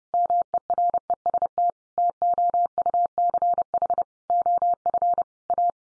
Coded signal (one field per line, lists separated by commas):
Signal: Morse code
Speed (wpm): 28 wpm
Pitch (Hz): 700 Hz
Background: none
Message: MEREST TOUCH OF A